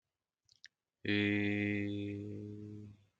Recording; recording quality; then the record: sustained vowel as in made; excellent, no background noise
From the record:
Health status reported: healthy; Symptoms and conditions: hypertension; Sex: male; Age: 48 years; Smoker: not ticked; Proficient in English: yes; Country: India